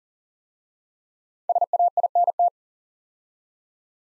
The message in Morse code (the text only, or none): SAINT